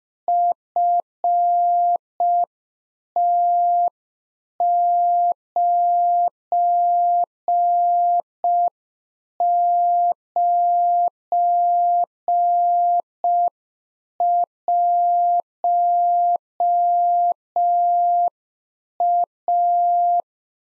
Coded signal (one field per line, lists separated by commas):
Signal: Morse code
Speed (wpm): 5 wpm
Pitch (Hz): 700 Hz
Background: none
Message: FT991A